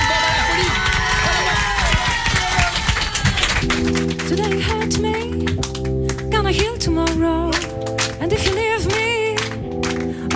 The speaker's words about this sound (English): Même s'ils aiment pas, applaudissez et kiffez, quoi. D'accord. Et eh ben alors, faites du bruit pour eux.